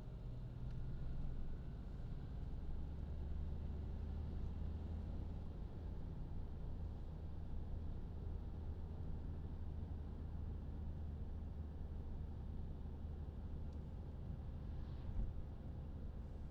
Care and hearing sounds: everyday scene through a hearing-aid microphone; in a vehicle; engine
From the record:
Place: Berlingo II, diesel engine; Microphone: in the ear canal, left

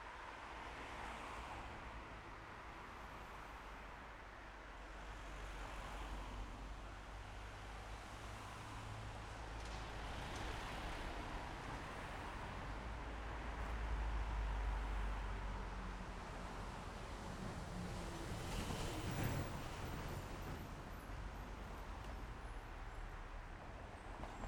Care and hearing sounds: everyday scene through a hearing-aid microphone; in traffic; traffic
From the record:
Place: main road on the outskirts, rush hour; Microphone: behind the ear, left, rear

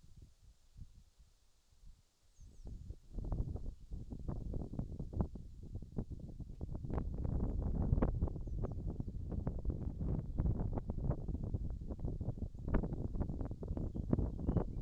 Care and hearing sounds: everyday scene through a hearing-aid microphone; wind on the microphone; wind, birds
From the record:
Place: in front of a rural house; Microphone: in the ear canal, left

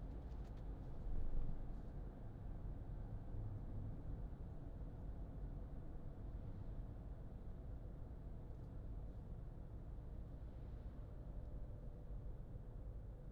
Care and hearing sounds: everyday scene through a hearing-aid microphone; in a vehicle; engine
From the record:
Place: Berlingo II, diesel engine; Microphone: in the ear canal, left

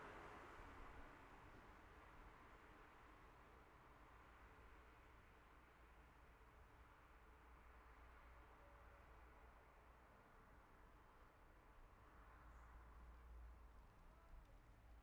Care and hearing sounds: everyday scene through a hearing-aid microphone; in traffic; traffic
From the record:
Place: city secondary road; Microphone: behind the ear, left, rear

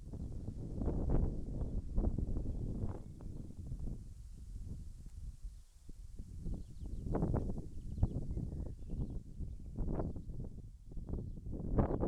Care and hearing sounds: everyday scene through a hearing-aid microphone; wind on the microphone; wind, birds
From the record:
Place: in front of a rural house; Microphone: behind the ear, left, rear

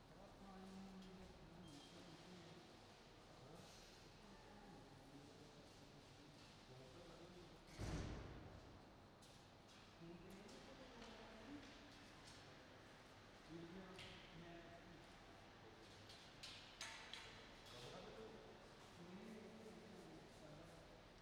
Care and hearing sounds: everyday scene through a hearing-aid microphone; reverberant space; background noise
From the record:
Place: railway station hall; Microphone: in the ear canal, right

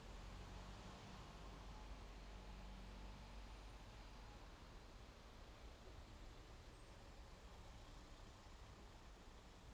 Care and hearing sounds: everyday scene through a hearing-aid microphone; in traffic; traffic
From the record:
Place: main road on the outskirts, rush hour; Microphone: in the ear canal, left

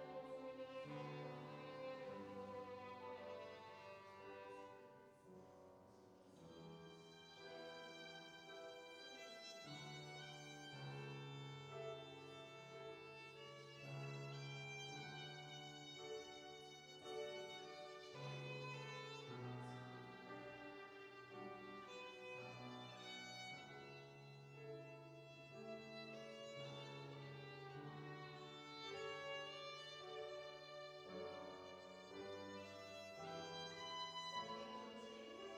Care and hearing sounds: everyday scene through a hearing-aid microphone; reverberant space; music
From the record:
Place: church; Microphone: in the ear canal, right

